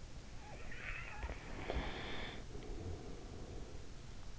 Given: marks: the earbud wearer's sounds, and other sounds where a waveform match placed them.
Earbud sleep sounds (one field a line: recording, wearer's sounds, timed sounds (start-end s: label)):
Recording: sounds in sleep by an in-ear microphone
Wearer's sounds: breath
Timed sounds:
0.58-3.69 s: breath